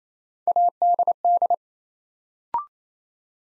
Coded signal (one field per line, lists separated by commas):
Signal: Morse code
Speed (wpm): 27 wpm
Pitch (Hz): 700 Hz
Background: none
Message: ADD